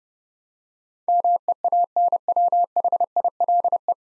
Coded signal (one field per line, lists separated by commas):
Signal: Morse code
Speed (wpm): 30 wpm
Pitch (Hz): 700 Hz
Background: none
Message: MEANWHILE